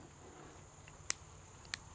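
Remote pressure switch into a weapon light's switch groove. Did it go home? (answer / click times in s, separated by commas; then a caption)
yes / 1.1 s. A remote pressure switch is fitted into a weapon light's switch groove by pulling back on its locking piece and pulling up. A sharp click at 1.1 s marks it locking into place, and a second sharp click follows at about 1.7 s over a faint steady high-pitched hiss. The switch ends up locked onto the light.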